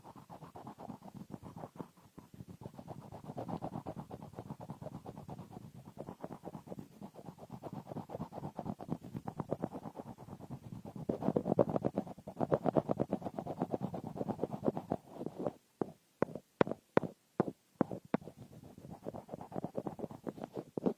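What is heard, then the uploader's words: Ear picking with a frosted bath ball makes a dense, continuous crackling and rustling, full in the low and middle range, swelling and fading in waves. After about fifteen seconds the texture breaks into a run of sharp, separate clicks before the scratchy crackle returns. Frosted Bath Ball Ear Picking Experience.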